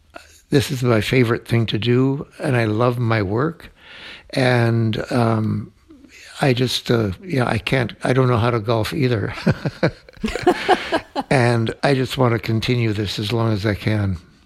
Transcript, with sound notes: this is my favorite thing to do. And I love my work. And I just - you know, I can't - I don't know how to golf either.
(LAUGHTER)
And I just want to continue this as long as I can.